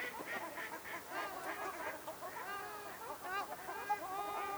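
Ruddy shelduck calling, a run of nasal, honking notes with arched harmonic bands, several birds overlapping at times against a steady hiss.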